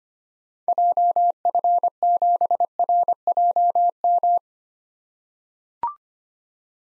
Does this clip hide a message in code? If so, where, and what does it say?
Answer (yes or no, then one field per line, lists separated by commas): yes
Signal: Morse code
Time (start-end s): 0.7-4.4 s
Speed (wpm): 25 wpm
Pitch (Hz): 700 Hz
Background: none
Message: JF7RJM